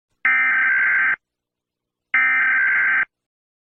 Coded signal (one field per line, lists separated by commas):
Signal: Emergency Alert System (SAME) tones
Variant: header bursts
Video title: animating eas warnings